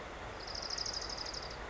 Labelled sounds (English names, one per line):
Orange-crowned Warbler